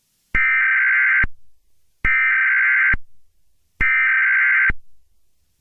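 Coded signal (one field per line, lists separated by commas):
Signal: Emergency Alert System (SAME) tones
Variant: header bursts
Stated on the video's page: Fictional EAS scenario based on the game Sprunki.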